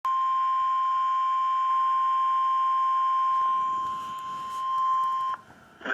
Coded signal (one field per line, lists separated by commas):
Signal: Emergency Alert System (SAME) tones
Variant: 1050 Hz attention tone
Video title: Oklahoma Night Storms EAS #104